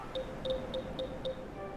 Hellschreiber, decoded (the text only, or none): none